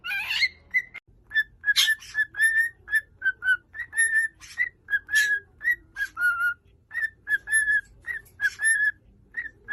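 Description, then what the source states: Cockatiel song of many short, mid-pitched whistles, some sliding downward, mixed with sharp scratchy clicks and chirps. Several cockatiels singing, whistling.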